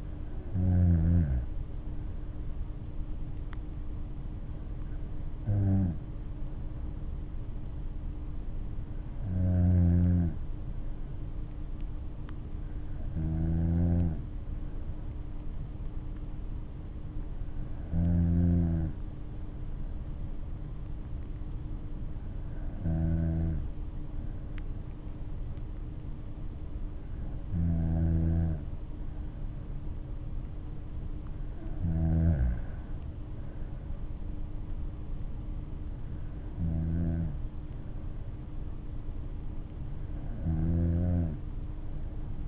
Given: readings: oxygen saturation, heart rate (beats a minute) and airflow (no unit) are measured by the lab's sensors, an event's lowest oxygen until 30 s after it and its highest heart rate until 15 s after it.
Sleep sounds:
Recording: breathing in sleep by a smartphone at the bedside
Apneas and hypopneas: none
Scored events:
none scored
From the record:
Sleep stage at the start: N2 (light sleep)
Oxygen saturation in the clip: 95%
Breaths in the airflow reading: 10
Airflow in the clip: -7.5 to 7.7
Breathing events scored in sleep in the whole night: 228 in 5.4 hours asleep

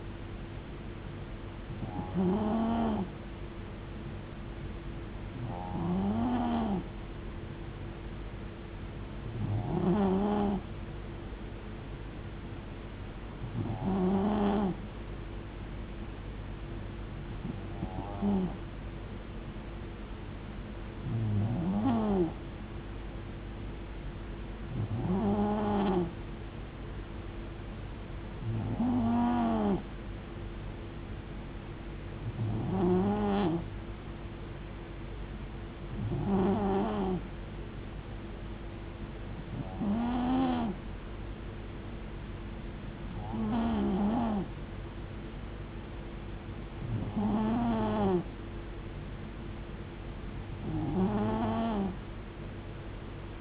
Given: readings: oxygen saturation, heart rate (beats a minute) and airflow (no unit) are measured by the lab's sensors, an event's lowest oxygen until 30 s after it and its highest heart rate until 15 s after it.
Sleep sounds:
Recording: breathing in sleep by a voice recorder at the bedside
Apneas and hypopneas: none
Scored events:
5.00-53.41 s: new sleep stage, N2 (light sleep)
From the record:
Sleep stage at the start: N3 (deep sleep)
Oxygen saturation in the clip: 91 to 92%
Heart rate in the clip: 68 to 75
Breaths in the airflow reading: 14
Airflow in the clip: -4.3 to 2.5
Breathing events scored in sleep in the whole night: 389 in 6.3 hours asleep

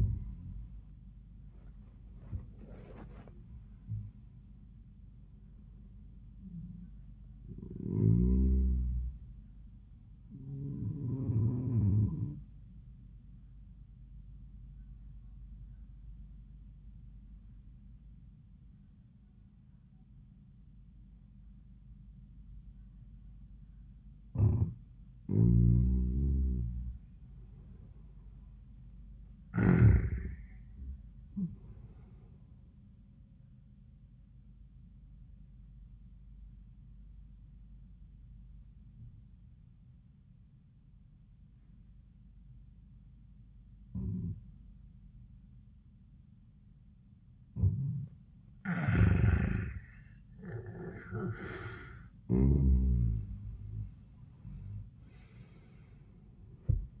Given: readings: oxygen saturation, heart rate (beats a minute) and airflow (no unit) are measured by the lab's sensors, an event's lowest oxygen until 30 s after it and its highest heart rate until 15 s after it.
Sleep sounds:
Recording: breathing in sleep by a smartphone at the bedside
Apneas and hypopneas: 2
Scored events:
14.00-26.10 s: obstructive apnea (N1, oxygen 96% highest, then 88% lowest)
35.00-50.80 s: obstructive apnea (N1, oxygen 96% highest, then 85% lowest, heart rate 85 at the start, 90 highest)
48.00-57.00 s: new sleep stage, N2 (light sleep)
From the record:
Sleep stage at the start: N1 (lightest sleep)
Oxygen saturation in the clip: 84 to 96%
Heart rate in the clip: 83 to 96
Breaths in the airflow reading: 7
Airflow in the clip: -28.3 to 19.6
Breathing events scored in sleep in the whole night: 400 in 8.7 hours asleep

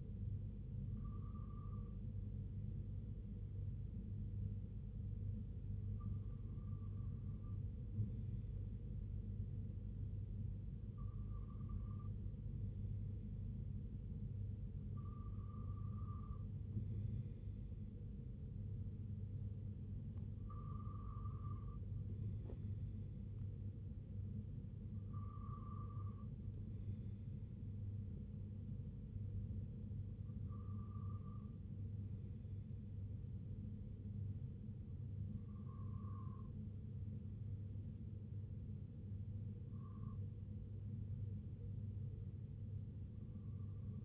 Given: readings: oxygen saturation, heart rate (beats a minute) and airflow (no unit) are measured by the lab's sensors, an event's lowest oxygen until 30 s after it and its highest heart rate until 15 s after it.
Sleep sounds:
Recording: breathing in sleep by a smartphone at the bedside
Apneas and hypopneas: none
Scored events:
none scored
From the record:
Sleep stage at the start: N2 (light sleep)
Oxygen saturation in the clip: 94 to 95%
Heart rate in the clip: 62 to 72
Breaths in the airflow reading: 9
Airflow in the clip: -5.2 to 3.0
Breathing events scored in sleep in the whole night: 258 in 7.4 hours asleep

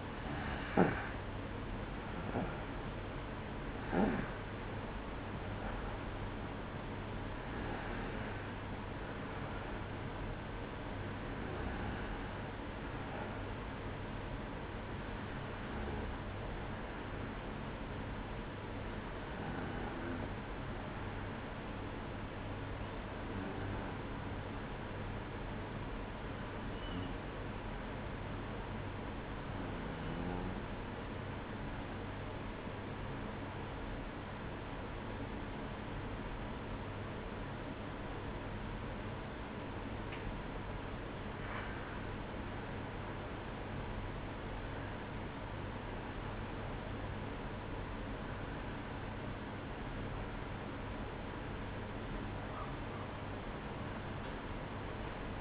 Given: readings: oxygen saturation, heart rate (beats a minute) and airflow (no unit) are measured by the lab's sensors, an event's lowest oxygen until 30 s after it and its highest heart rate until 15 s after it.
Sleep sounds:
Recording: breathing in sleep by a voice recorder at the bedside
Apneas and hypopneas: 1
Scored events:
31.00-51.20 s: hypopnea (REM, oxygen 95% highest, then 95% lowest, heart rate 60 at the start, 77 highest)
From the record:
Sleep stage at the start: REM sleep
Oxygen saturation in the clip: 92 to 95%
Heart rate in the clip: 59 to 66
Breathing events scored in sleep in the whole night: 305 in 9.6 hours asleep

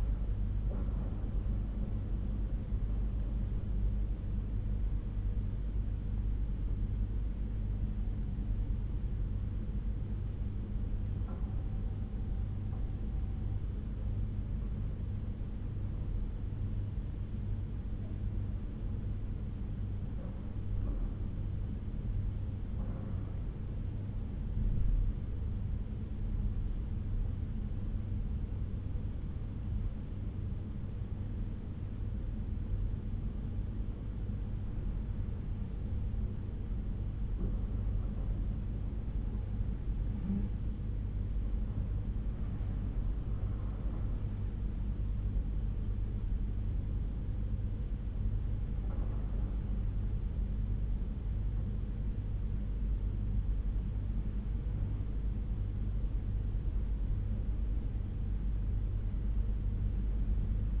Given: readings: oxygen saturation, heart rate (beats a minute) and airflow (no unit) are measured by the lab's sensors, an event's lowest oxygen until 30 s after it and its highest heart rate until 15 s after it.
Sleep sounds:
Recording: breathing in sleep by a smartphone at the bedside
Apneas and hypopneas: 1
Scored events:
14.00-37.00 s: hypopnea (N1, oxygen 96% highest, then 93% lowest, heart rate 68 at the start, 68 highest)
19.00-60.80 s: new sleep stage, N2 (light sleep)
From the record:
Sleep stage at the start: N1 (lightest sleep)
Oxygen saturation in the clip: 93 to 96%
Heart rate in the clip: 63 to 76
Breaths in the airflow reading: 11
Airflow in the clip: -5.6 to 5.1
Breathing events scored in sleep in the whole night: 368 in 8.0 hours asleep

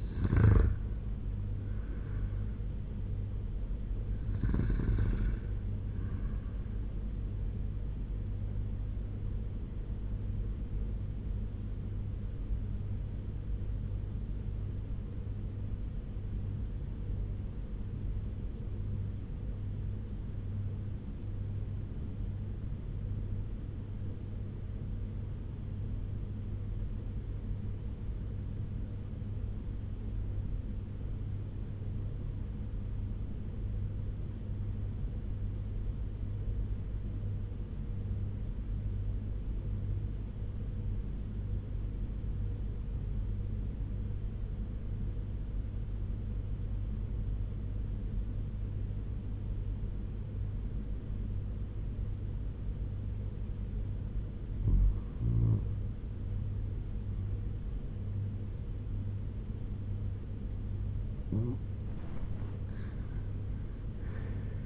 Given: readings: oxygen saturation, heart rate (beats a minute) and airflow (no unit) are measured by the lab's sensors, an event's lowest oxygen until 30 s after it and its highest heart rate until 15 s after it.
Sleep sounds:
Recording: breathing in sleep by a smartphone at the bedside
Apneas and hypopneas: 1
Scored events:
13.00-55.00 s: obstructive apnea (REM, oxygen 98% highest, then 84% lowest, heart rate 83 at the start, 92 highest)
From the record:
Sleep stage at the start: REM sleep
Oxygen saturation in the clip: 86 to 98%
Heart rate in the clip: 78 to 87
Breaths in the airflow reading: 4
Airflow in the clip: -5.9 to 6.6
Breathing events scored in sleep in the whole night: 201 in 6.5 hours asleep

